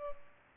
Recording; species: mosquito wingbeat signal from an infrared sensor; Culex pipiens